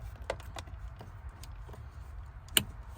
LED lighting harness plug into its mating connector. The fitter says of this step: right you should hear two clicks